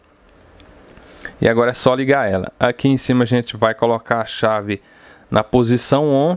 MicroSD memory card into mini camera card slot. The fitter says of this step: entrou mudei de posição entrou aqui ouvir o click